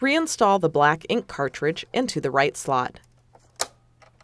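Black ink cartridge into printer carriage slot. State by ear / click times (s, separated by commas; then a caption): seated / 3.6 s. A black ink cartridge is slid into the right slot of the printer carriage of an HP DeskJet 3700 series printer while someone talks. After the talking stops, faint ticks are heard before a sharp snap at 3.6 s as the cartridge seats into place.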